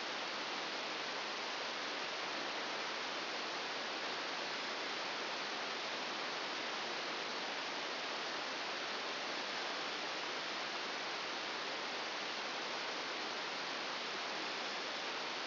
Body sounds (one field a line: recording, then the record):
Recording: brain microelectrode recording played as sound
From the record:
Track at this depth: inside the subthalamic nucleus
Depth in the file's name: 4.208 mm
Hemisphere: right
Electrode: 2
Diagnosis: Parkinson's disease